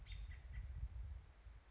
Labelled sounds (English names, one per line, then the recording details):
American Robin
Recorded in Sonoma County, California